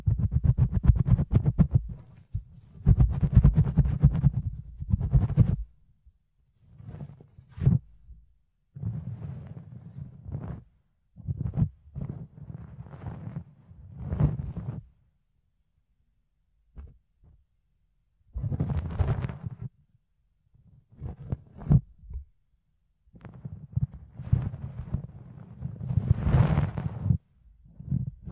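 Fluffy ear cleaning: soft, muffled brushing and rubbing comes in bursts of a second or two, separated by short silences. The sound is mostly low and thick, with occasional brighter scratchy crackles, heaviest around 3, 19 and 26 seconds.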